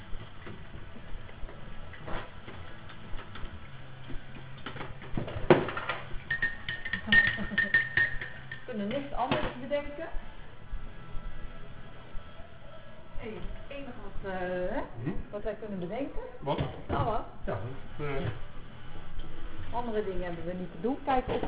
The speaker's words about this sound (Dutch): We nemen nu de afwas op.